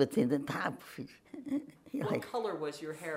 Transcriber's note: chuckles